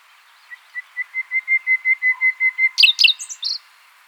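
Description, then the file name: Common nightingale song: a row of about twelve whistled notes swelling steadily in loudness, ending in a brief jumbled flourish of higher notes. "Luscinia megarhynchos"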